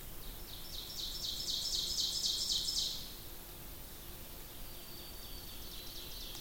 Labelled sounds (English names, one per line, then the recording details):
Ovenbird song
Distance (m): 40 m
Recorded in boreal forest in Alberta, Canada, on 2 June 2016 at 06:37
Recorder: SongMeter 3, array SBT-3-7
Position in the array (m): 341 m, 105 m
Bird 44